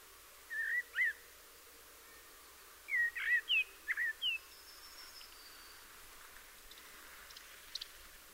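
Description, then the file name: Eurasian blackbird sounding two short whistled notes, then a brisk series of several looping fluty notes, followed by quieter, scattered high sounds. "Turdus merula"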